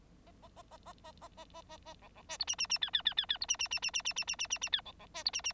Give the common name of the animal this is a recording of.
Bengalese Finch